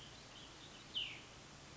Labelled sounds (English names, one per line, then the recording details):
Cassin's Vireo
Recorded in Sonoma County, California